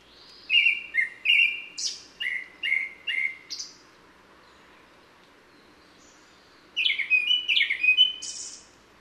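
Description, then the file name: Japanese thrush song in two bursts: several repeated mellow whistles followed by high twittering notes, a pause of about three seconds, then another rapid run of whistles and squeaks. "kurotsugumi"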